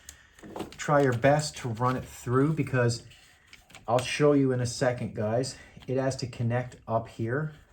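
During a Ford Escape brake repair for a hard brake pedal and poor braking, a brake system connector or line fitting is handled and routed under the hood toward its mating port on the vehicle. A few faint, brief handling knocks come early in the clip while someone talks throughout. Nothing has seated or clicked yet.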